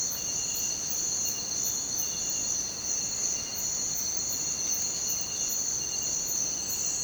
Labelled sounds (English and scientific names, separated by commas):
none